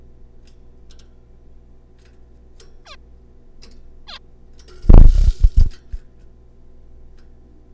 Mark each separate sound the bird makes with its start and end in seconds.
2.85-2.96, 4.07-4.19